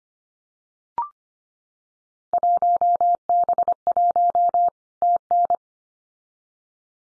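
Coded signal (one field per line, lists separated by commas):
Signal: Morse code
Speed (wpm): 25 wpm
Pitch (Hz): 700 Hz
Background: none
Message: 1B1 TN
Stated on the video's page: Field Day exchange head-copy drill at 25 wpm; each exchange sent in Morse, spoken, then sent again.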